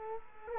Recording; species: mosquito wingbeat signal from an infrared sensor; Culex quinquefasciatus